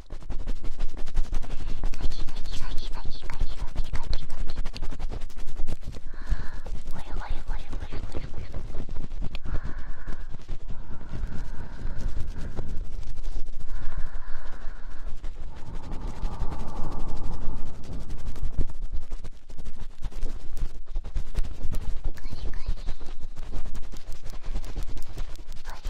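Super-fast ear poking: a dense, unbroken stream of rapid scratchy taps and rubbing against the microphone, heavy with low rumble throughout. Short tonal squeaks rise out of it several times, around 6, 10, 12, 14 and 16 seconds, with fainter ones near 3 and 22 seconds.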